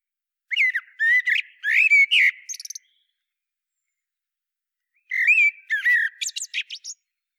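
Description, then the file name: Common blackbird giving two song phrases of warbled whistles, each ending in thin, high, rapid twittering, with quiet between them. "Turdus merula"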